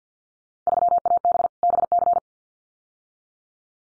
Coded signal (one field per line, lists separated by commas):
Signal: Morse code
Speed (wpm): 50 wpm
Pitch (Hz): 700 Hz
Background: none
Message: 3AB BC